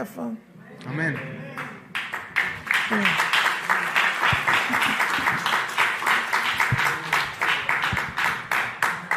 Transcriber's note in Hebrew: מחיאות כפיים